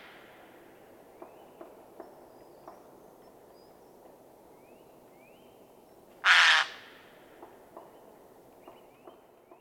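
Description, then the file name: Eurasian jay uttering a single loud, harsh screech against a quiet background with faint short notes. "Garrulus glandarius"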